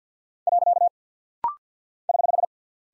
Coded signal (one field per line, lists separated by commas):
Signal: Morse code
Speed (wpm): 48 wpm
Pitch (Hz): 700 Hz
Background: none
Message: . <HH>